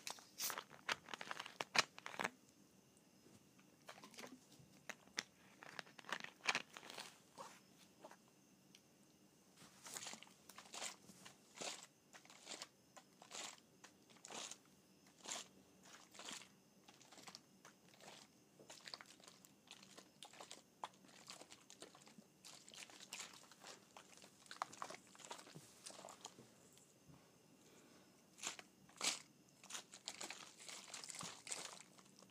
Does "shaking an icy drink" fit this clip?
yes